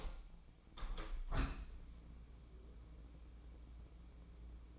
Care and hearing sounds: daily activity, microphone in the room; open window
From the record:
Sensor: 1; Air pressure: 1012.4 hPa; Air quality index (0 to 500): 169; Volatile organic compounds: 3 ppm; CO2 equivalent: 1376 ppm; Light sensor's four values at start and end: 235/540/239/263 and 235/538/238/263

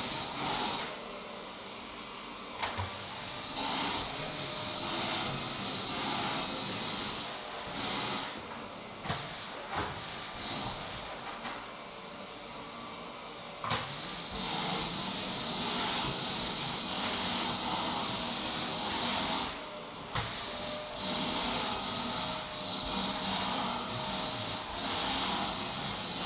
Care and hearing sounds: daily activity, microphone in the room; vacuum cleaning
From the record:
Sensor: 3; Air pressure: 1002.0 hPa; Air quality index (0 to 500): 248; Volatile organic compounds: 52 ppm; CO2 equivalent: 3321 ppm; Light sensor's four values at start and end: 12/36/16/13 and 12/36/15/13

